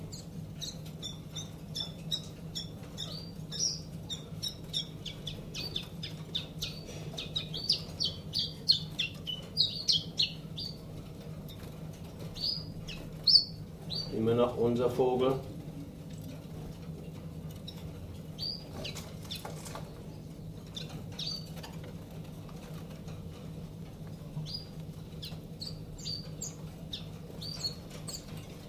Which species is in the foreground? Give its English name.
Common Chiffchaff